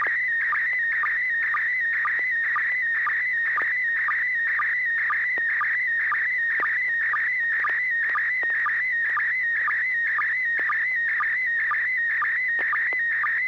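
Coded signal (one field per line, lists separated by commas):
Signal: SSTV (slow-scan television)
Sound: warbling whistle-like tone around 2 kHz with steady rhythmic clicks about twice a second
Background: low steady hum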